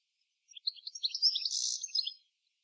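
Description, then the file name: European goldfinch producing one short, dense burst of bright twittering notes with a buzzy centre, under two seconds long. "Carduelis carduelis"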